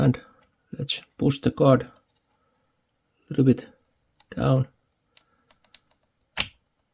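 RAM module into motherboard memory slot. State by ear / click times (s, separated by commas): seated / 6.4 s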